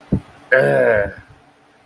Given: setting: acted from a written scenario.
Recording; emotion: vocal sound without words; contempt